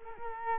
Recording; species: mosquito wingbeat signal from an infrared sensor; Culex quinquefasciatus